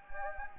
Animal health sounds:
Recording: mosquito wingbeat signal from an infrared sensor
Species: Anopheles gambiae

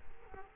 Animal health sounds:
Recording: mosquito wingbeat signal from an infrared sensor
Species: Culex quinquefasciatus

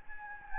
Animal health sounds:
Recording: mosquito wingbeat signal from an infrared sensor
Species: Anopheles gambiae

